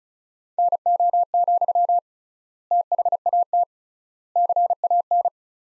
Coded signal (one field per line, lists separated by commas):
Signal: Morse code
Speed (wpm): 36 wpm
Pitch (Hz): 700 Hz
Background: none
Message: NO, THAT CAN